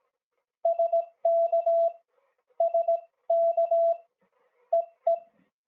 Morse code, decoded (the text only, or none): SK SK EE